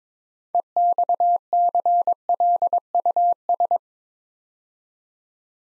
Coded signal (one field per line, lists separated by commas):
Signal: Morse code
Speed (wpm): 22 wpm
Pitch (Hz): 700 Hz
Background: none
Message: EXCLUS